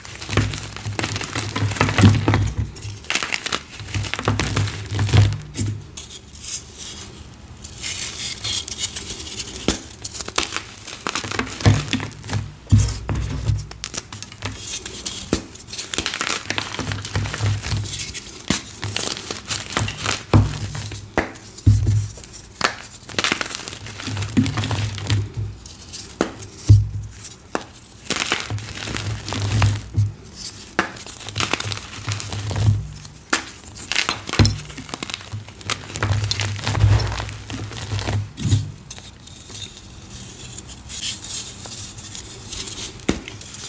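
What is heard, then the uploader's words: Soft dyed gym chalk is crushed and crumbled, giving a crisp, crunchy crackle in dense bursts that come every second or two throughout. Between the crunches, quieter crinkling and rustling fill the gaps, with a low thump under each squeeze. ASMR crunchy, crispy, soft dyed gym chalk crush and crumble.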